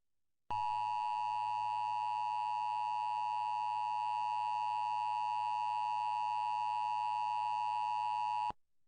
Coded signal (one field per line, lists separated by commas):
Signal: Emergency Alert System (SAME) tones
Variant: 853 and 960 Hz attention tone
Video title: Tests and New Stations| EAS Tests from 11/3-11/4 2020 (EAS #93-98)